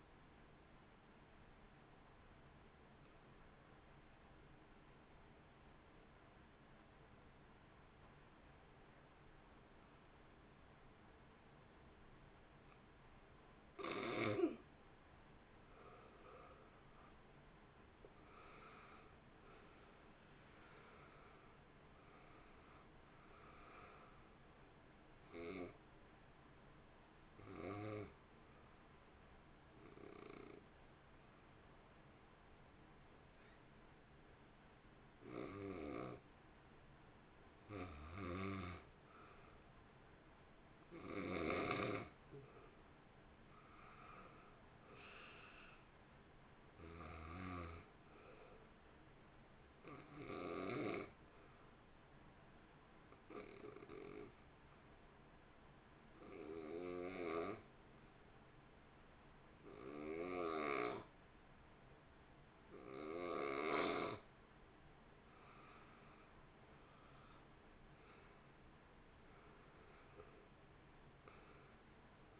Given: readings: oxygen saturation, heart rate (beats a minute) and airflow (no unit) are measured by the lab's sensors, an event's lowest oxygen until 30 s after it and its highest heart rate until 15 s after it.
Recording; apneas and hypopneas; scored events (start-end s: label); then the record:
breathing in sleep by a voice recorder at the bedside; 3
3.00-14.30 s: obstructive apnea (N2, oxygen 94% highest, then 75% lowest, heart rate 51 at the start, 66 highest)
27.00-41.50 s: hypopnea (N2, oxygen 86% highest, then 86% lowest, heart rate 60 at the start, 60 highest)
53.00-68.10 s: hypopnea (N2, oxygen 90% highest, then 80% lowest, heart rate 56 at the start, 65 highest)
60.00-72.39 s: new sleep stage, N1 (lightest sleep)
From the record:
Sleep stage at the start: N2 (light sleep); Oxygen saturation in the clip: 75 to 94%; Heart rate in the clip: 51 to 66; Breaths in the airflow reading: 19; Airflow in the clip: -3.5 to 3.3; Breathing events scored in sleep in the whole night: 328 in 6.3 hours asleep